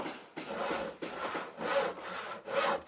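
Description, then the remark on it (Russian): A hand saw cuts through wood in about five steady back-and-forth strokes, each a raspy, breathy scrape with a brief pause between, with no voices, as people build a treehouse. “Конни, Анна, Билли и Пауль снова крутили, пилили, шлифовали и заколачивали, как заправские строители.”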